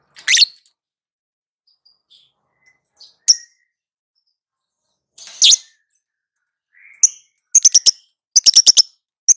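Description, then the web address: Lovebird calls: harsh screeches and single sharp chirps, then clustered bursts of rapid clicking chirps toward the end. Female lovebird. "love-bird suara-lovebird-betina"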